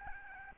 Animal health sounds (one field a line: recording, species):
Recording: mosquito wingbeat signal from an infrared sensor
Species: Aedes albopictus